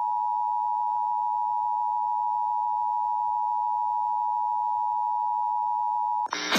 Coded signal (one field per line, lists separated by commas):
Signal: Emergency Alert System (SAME) tones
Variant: 853 and 960 Hz attention tone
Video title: Enhanced Risk Day... EAS Alerts from 2/5-6/2020 (EAS #248-294)